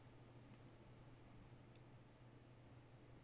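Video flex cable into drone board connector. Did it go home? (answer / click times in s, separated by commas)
no / none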